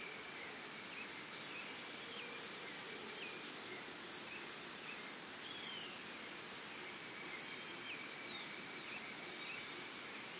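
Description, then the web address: Crickets holding a steady, high, ringing trill throughout, with frequent short, bright bird chirps and whistles breaking in. Early morning in Costa Rica, with birds and crickets. "Big Room Sound Birds Crickets Costa Rica"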